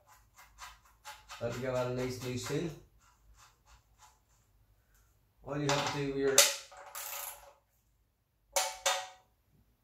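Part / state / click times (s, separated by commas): torque wrench on oil drain plug in engine sump / torque reached / 8.6 s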